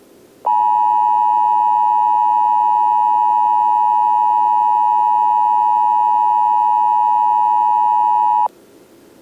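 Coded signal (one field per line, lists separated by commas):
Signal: Emergency Alert System (SAME) tones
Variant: 853 and 960 Hz attention tone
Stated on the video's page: Fictional alert inserted into a cartoon, imagining the alert system in a fictional world.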